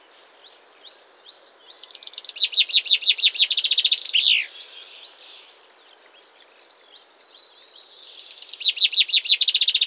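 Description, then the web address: Common chaffinch singing two phrases: each begins with repeated arched notes and speeds into a bright rattling trill; the first ends with a downward flourish, while the second is cut off during its trill. A pause separates the two phrases. "Chaffinch"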